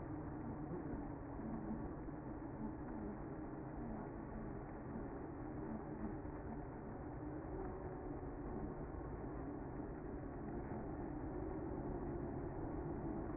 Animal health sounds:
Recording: honeybee colony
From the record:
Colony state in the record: active

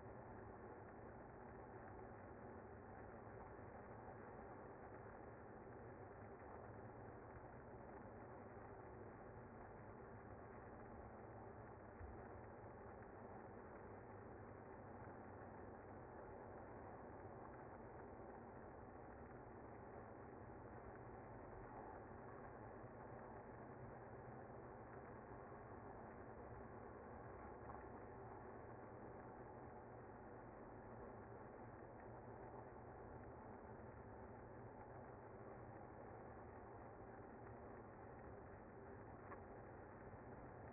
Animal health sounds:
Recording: honeybee colony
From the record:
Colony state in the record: active

